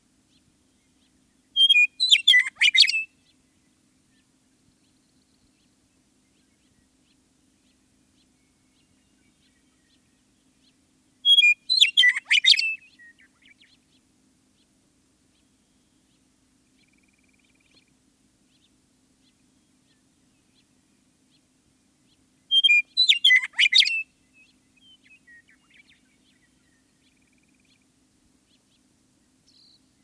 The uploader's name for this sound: Western Meadowlark